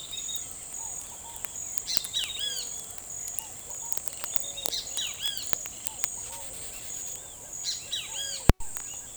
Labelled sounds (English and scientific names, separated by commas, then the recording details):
Scaled Dove (Columbina squammata), Great Kiskadee (Pitangus sulphuratus)
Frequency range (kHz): Scaled Dove (Columbina squammata) 0.3-1.4 kHz; Great Kiskadee (Pitangus sulphuratus) 1.0-21.1 kHz
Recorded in forest near Pivijay, Magdalena, Colombia, on 14 April 2023 at 06:00
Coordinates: 10.467, -74.380
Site Z5-G034